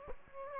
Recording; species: mosquito wingbeat signal from an infrared sensor; Aedes aegypti